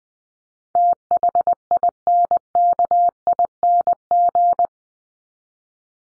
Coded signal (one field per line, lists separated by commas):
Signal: Morse code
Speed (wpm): 20 wpm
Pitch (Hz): 700 Hz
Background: none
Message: THINKING